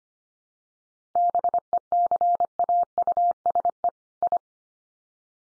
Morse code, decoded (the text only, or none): BECAUSE I